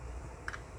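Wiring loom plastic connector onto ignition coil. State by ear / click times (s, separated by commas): seated / 0.5 s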